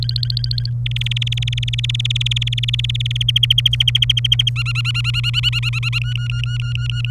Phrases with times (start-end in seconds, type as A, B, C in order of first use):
0.03-0.69 A, 0.86-3.23 B, 3.28-4.49 C, 4.56-5.99 D, 6.02-7.11 E